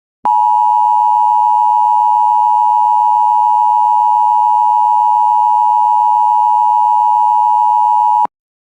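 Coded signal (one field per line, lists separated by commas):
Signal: Emergency Alert System (SAME) tones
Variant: 853 and 960 Hz attention tone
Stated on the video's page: EAS tones of a severe thunderstorm warning on an internet stream of WJON.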